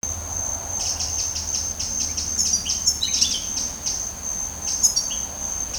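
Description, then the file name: Eurasian wren song: a rapid run of high, sharp repeated notes that breaks into jumbled trills, over a steady high whine. "Troglodytes troglodytes"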